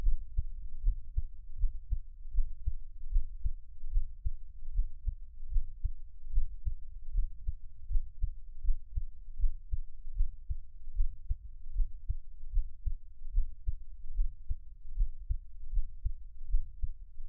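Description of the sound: Steady, soft low thumps repeat at about 77 beats per minute with a regular rhythm and a faint low hum underneath. No talking. This is an adult's own heartbeat, heard close up as a quiet Taiwanese ASMR track.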